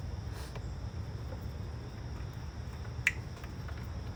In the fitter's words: Kind of make a little click noise when I go in.